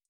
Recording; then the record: hydrophone in a shrimp aquaculture tank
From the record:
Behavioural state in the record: feeding